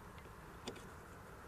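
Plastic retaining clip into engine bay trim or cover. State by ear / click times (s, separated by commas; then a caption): not seated / none. During an oil change on a 2017 Sprinter van, plastic retaining clips for an engine bay trim or cover are handled as they are pushed back toward their holes. A steady low background hum runs throughout, with one brief sharp tick around 0.7 seconds. Nothing has seated or clicked into place yet.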